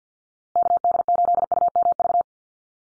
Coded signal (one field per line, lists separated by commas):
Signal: Morse code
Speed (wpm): 50 wpm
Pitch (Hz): 700 Hz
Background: none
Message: KD8UMV